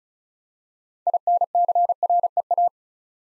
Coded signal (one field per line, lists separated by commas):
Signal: Morse code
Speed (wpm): 33 wpm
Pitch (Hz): 700 Hz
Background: none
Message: INCREA